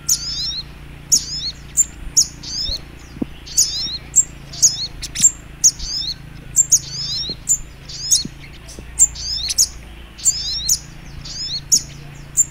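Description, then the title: Little spiderhunter uttering quick, high-pitched chip notes in short bursts, repeated steadily, with a faint low background drone. Training (masteran) recording of the Labaik song style. "Masteran Burung Sogok Ontong Labaik"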